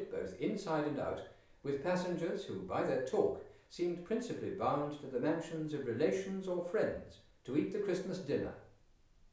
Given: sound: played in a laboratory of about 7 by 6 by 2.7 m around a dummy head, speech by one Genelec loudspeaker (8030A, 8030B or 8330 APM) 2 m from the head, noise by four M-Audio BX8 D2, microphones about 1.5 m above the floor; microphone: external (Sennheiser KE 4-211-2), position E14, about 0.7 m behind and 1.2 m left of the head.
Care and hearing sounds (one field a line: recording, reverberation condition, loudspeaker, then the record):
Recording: male speech in English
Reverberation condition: medium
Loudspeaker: 30 degrees to the left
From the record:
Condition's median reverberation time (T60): about 510 ms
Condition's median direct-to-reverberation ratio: about -0.5 dB